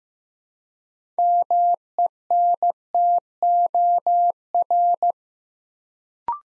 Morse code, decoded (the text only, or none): MENTOR